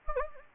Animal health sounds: mosquito wingbeat signal from an infrared sensor; Anopheles gambiae

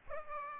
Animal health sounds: mosquito wingbeat signal from an infrared sensor; Aedes aegypti

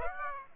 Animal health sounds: mosquito wingbeat signal from an infrared sensor; Aedes aegypti

